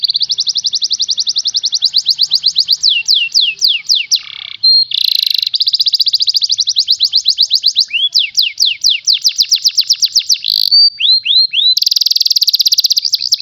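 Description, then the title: Canary song of fast repeated notes, moving from steady rapid trills to looping downslurred phrases and brief very high rolls, delivered without pause. Master recording of a national contest champion canary, used as a song tutor recording. "Masteran Kenari Lomba Juara Nasional"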